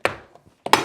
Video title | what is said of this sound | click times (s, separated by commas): Aluminium window installation in a garden room | there we go you heard it clicking | 0.0 s, 0.7 s